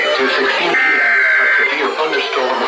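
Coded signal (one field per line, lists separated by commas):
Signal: Emergency Alert System (SAME) tones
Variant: header bursts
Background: speech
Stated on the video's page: Severe thunderstorm and special marine warnings on a marginal-risk day, including failed marine warning toning.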